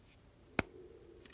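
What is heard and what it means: A crimped pin assembly is pushed into a plastic servo connector housing, giving one sharp, broadband click at 0.6 s, followed by a faint tick near 1.3 s. The pin clicks in but is not fully home and still needs a further push.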